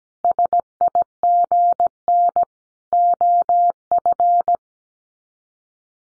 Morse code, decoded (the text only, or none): SIGN OF